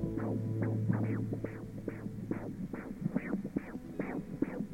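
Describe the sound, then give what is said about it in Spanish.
A baby girl's heartbeat on a fetal monitor, heard within a music track: fast, steady whooshing pulses, roughly two per second, over a low constant hum. No voices. “Por ahí está el latido de”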